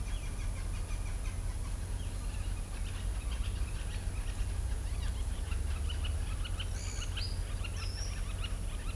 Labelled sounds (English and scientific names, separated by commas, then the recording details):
Southern Lapwing (Vanellus chilensis), Pale-eyed Pygmy Tyrant (Atalotriccus pilaris), Ochre-lored Flatbill (Tolmomyias flaviventris)
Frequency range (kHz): Southern Lapwing (Vanellus chilensis) 1.1-6.5 kHz; Pale-eyed Pygmy Tyrant (Atalotriccus pilaris) 1.7-7.3 kHz; Ochre-lored Flatbill (Tolmomyias flaviventris) 4.8-6.7 kHz
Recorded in shrubland near Pivijay, Magdalena, Colombia, on 2 June 2023 at 11:30
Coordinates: 10.453, -74.365
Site P5-G022